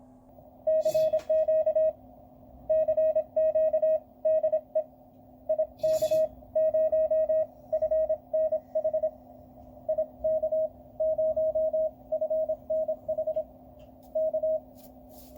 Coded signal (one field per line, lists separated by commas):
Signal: Morse code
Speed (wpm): 27 wpm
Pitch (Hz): 630 Hz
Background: radio noise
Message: CQ CQ DE IK0FNH IK0FNH K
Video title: QCX+ the new QRP Labs 5W transceiver kit